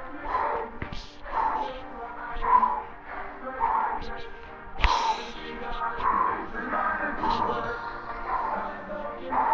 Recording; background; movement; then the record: deep breathing; music; walking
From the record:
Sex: male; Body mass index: 22.0 kg/m2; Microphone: on the chest, facing the body